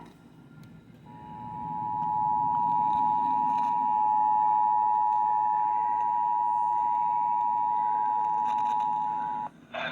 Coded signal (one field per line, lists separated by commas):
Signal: Emergency Alert System (SAME) tones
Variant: 853 and 960 Hz attention tone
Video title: Severe Thunderstorm Warning on KEC-60 (EAS #87)